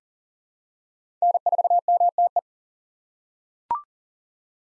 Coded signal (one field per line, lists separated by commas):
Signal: Morse code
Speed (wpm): 40 wpm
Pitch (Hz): 700 Hz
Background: none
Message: N4MTE